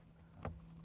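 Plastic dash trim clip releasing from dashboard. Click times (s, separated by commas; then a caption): 0.4 s. A plastic dashboard trim piece around the infotainment unit of a Toyota RAV4 is worked off by hand, held on by clips. Against a low, steady hum, one sharp snap at 0.5 s marks a trim clip releasing from the dashboard, and the clip snaps loose.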